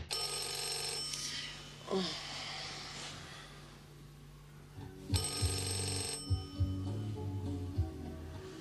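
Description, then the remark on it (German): A telephone bell rings in two bursts, each about a second long with a bright metallic jangle, separated by a pause, over a low steady hum and some faint thumps. “Das Klingeln kam mittendrin.”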